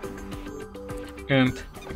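A 3.5 or 2.5 inch hard drive is being slid into a drive bay of a two-bay Synology DS220j DiskStation network storage enclosure while someone talks over steady tonal background music, with a louder voiced burst around 1.3 to 1.5 seconds. The drive has not seated or clicked into the bay yet.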